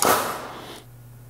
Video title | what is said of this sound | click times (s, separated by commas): Grizzly Automatic Edgebander: Glue Pot & Fotek Controller - G0774 & G0854 | you heard that click and that means that that pressure switch assembly is now satisfied | 0.0 s